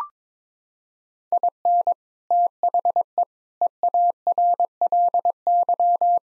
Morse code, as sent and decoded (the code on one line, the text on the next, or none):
.. -. / - .... . / . .- .-. .-.. -.--
IN THE EARLY